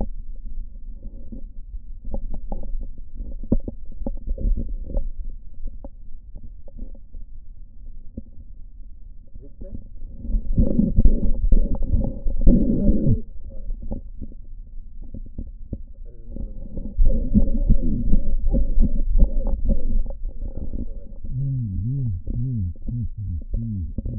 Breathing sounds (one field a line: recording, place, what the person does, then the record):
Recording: lung sounds by stethoscope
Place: right posterior basal chest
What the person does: quiet breathing, then cough and speech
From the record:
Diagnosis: pulmonary infection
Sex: male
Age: 74 years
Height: 171 cm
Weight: 80 kg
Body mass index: 27.4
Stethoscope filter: diaphragm mode